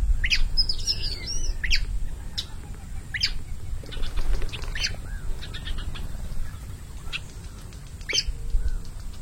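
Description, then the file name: Many-colored rush tyrant opening with a squeaky twittered phrase, then sharp high ticks at irregular intervals, with a steady low rumble. "Canto do papa piri"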